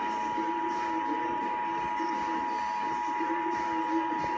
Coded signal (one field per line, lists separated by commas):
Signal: Emergency Alert System (SAME) tones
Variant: 853 and 960 Hz attention tone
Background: speech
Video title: Child Abduction Emergency EAS #46